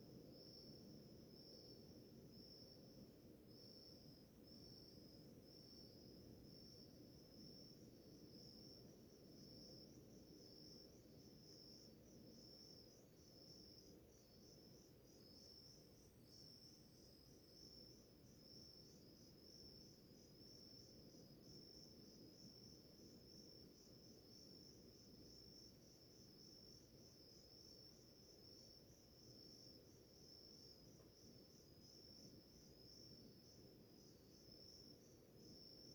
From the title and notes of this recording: Symphony of crickets in a relaxing morning in a village in middle a Mata Atlântica rainforest. Recorded in High Quality 456kbps 48kHz.